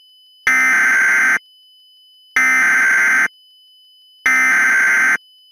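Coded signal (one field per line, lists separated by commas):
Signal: Emergency Alert System (SAME) tones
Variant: header bursts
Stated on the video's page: Fictional mock EAS alert.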